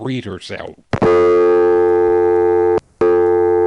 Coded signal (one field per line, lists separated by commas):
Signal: telephone call progress tone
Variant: North America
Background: speech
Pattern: dial tone